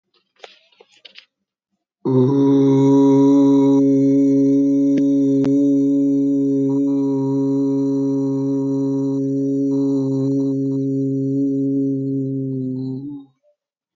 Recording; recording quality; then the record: sustained vowel as in boot; excellent, no background noise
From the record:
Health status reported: healthy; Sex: male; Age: 44 years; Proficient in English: yes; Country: India